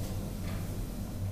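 Low, rhythmic muffled pulsing of a fetal heartbeat, heard as a male midwife listens during a prenatal check at a rural health clinic in southern Lesotho.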